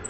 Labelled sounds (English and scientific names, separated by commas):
Black-throated Green Warbler (Setophaga virens) flight call